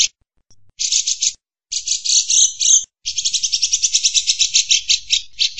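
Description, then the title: Van Hasselt's sunbird song of high, buzzy trilled bursts broken by short pauses, a late burst long and rapidly pulsing. Song meant as a master track for training caged birds; described as melodious, clear and loud. "Suara Kolibri Ninja MERDU, JELAS DAN LANTANG"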